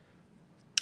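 A metal part on a circular sock knitting machine is slid down into position between the yarn, sometimes with some fighting. After a quiet stretch of low background sound, a sharp metallic hit at 0.8 s marks the part dropping fully into place, seated.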